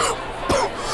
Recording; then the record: coughing mixed with background sound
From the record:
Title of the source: Coughing 79